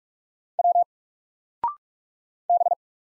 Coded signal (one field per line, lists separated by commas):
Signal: Morse code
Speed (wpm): 44 wpm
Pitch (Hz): 700 Hz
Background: none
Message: W B